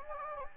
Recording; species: mosquito wingbeat signal from an infrared sensor; Anopheles gambiae